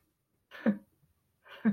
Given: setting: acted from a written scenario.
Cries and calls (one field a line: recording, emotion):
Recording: vocal sound without words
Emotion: anger